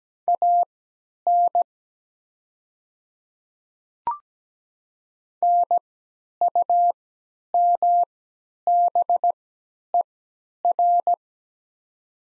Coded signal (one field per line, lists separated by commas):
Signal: Morse code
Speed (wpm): 17 wpm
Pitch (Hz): 700 Hz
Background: none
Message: AN NUMBER